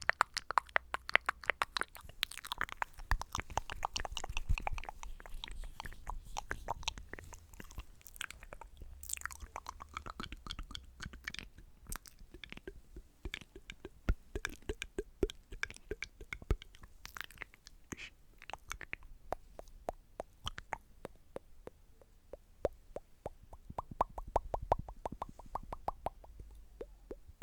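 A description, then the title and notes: Tingly mouth sounds: a dense run of quick wet clicks, pops and smacks, fastest and busiest in the first half and thinning out toward the end. Short crunchy, chewing-like bursts mix in, over a soft low rumble that swells near 25 seconds. Tingly MOUTH Sounds.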